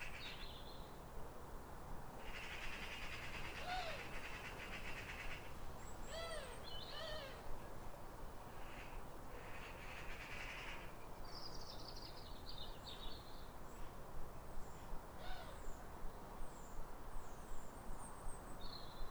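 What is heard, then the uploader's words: Robins sing short, thin, wistful phrases every few seconds, some high and trilling, over a steady low rumble and hiss throughout. A chorus of New Year's robins. After weeks of rain, it's a clear, calm rosy sunrise. A pair of robins in neighbouring gardens welcome the early sun with wistful phrases as if chatting over the fence. Recorded by Fergus Collins.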